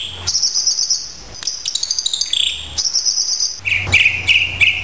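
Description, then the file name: Horsfield's bush lark song: continuous high, rapid trills and buzzy notes that shift between pitches, with sharp chirps and a brighter burst near the end. "branjangan raja kayangan masteran"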